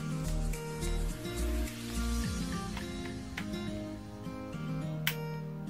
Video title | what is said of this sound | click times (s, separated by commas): Unboxing, Unboxing y Más Unboxings | está el clic y ahí tenemos el otro | 5.1 s